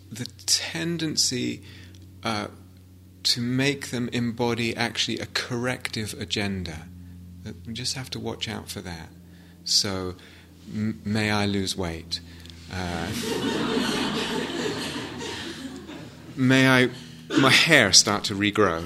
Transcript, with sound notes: The tendency to make them embody actually a corrective agenda -- you just have to watch out for that. "May I lose weight." [laughter] "May my hair start to regrow